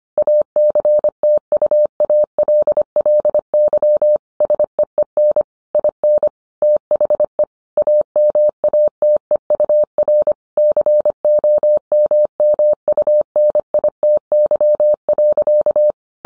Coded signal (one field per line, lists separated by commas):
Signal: Morse code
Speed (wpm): 25 wpm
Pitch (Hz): 600 Hz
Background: none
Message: ACTUALLY SEEN IN THE AMATEUR COMMUNITY.